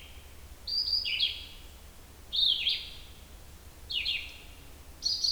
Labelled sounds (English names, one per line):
Red-eyed Vireo song